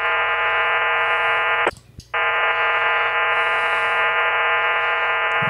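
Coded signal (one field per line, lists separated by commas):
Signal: HF data modem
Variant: VARA FM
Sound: dense steady warbling hiss across the voice band, one short break midway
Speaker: looks like I have three emails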